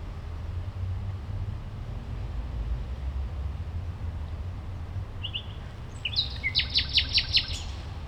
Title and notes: nachtigall in der gartenstraße. Mitte, Berlin, Germany. eine nachtigall am spielplatz gartenstraße, a nightingale at playground, gartenstraße